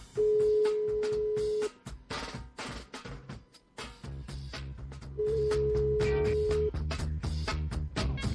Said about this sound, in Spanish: Muchos tonos, a ver si nos cogen.